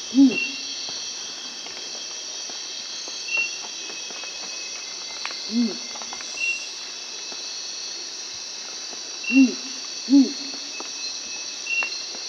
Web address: Natures Songs S America Primates of the Rainforest Feline night monkey